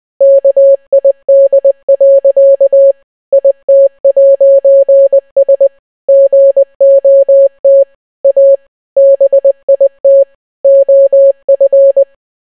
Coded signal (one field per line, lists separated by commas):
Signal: Morse code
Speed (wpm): 20 wpm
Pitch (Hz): 550 Hz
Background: none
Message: KID. IT'S GOT A BIT OF